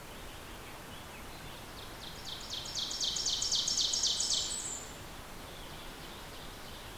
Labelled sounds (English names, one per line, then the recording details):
Ovenbird song
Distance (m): 40 m
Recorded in boreal forest in Alberta, Canada, on 14 June 2016 at 05:43
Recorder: SongMeter 3, array SBT-3-33
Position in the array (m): 119 m, 25 m
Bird 21